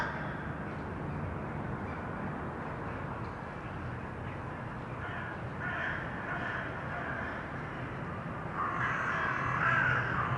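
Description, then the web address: Crow caws, harsh calls emerging from low rumbling noise halfway through, becoming louder in the final seconds. Urban crows; sound processed by detuning. "sonniss-gdc-audio detunized-urban-crows"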